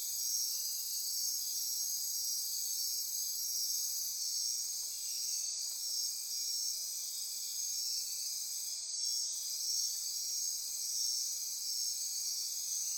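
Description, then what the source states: Insect chorus of steady high shrill trilling, a continuous drone with brief faint clicks midway. Midnight insect chorus recorded near Corcovado.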